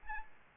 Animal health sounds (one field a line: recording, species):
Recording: mosquito wingbeat signal from an infrared sensor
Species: Aedes albopictus